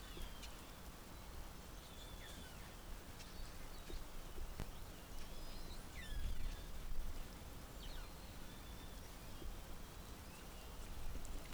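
Whale whistles, faint sweeping and curving tones rising and falling, scattered throughout over a steady low rumbling underwater noise.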